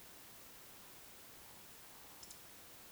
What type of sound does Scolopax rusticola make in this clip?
whistle, croak